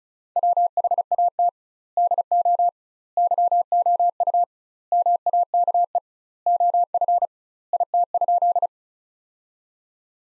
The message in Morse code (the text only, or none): WHAT DO YOU MAKE OF IT?